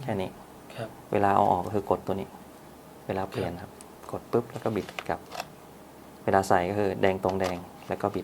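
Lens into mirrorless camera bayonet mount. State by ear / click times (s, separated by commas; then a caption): not seated / none. Someone talks while handling a Canon RF 50mm f/1.8 lens at the bayonet mount of a Canon EOS RP mirrorless camera, lining it up red dot to red dot to twist it on. Between the speech there are brief handling sounds, including a short sharp tick at about 5.4 s. The lens has not seated or clicked into the mount yet.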